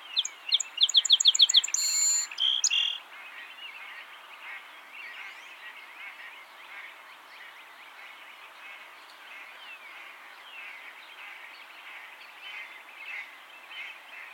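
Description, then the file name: Song sparrow song opening with rapid repeated notes and a buzzy flourish, followed by a long stretch of faint background noise. "Melospiza melodia - Song Sparrow"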